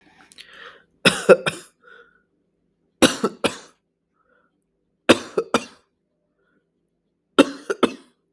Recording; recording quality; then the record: heavy voluntary cough; excellent, no background noise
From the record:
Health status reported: COVID-19 positive, mild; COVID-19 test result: positive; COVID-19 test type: RT-PCR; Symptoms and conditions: cough, sore throat, fatigue, muscle pain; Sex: male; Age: 25 years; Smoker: no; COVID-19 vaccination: both doses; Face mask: not worn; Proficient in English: yes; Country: India